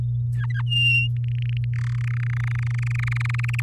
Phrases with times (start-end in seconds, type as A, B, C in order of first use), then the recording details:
0.35-0.61 A, 0.66-1.08 B, 1.17-1.65 C, 1.73-2.02 D, 2.04-3.61 E. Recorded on 6 May 2018 at 06:11. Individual llb16